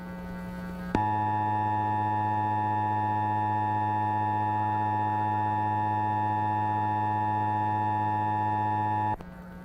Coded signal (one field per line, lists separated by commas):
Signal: Emergency Alert System (SAME) tones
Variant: 853 and 960 Hz attention tone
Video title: EAS Scenario // Beneath //